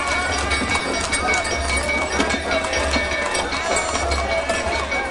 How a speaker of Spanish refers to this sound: Por la calle pasan carruajes tirados por caballos.